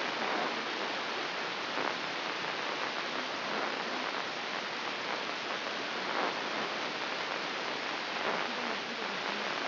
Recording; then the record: brain microelectrode recording played as sound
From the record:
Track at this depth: inside the subthalamic nucleus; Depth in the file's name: 5.115 mm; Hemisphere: left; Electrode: 3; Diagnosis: Parkinson's disease